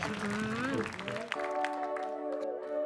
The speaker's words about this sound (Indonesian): Silakan, berikan tepuk tangan dulu buat mereka.